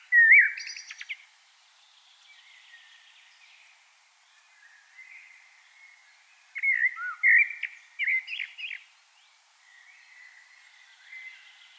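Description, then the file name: Common blackbird singing: a brief fluty burst, then a long soft stretch, then a fuller phrase of whistled and chattering notes. "Turdus merula"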